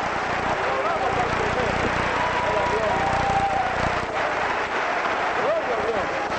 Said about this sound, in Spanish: Un aplauso para el Redentor que viene para nosotros. ¡Aleluya!